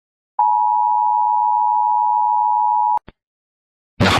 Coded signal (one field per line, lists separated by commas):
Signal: Emergency Alert System (SAME) tones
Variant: 853 and 960 Hz attention tone